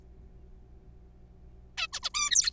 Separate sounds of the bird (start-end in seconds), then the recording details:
1.78-1.87, 1.93-2.00, 2.03-2.10, 2.14-2.50. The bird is a juvenile. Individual R3428